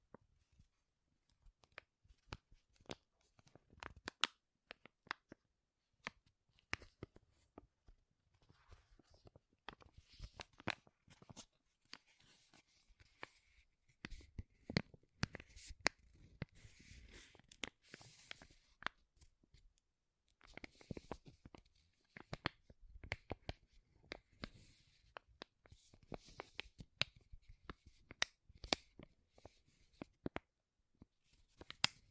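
Crinkling of a crisp material in sharp, irregular bursts runs through the whole clip: quick snapping clicks, then stretches of dense rustling. The loudest, busiest crinkles come around the middle and again near the end, with short near-silent gaps between handlings.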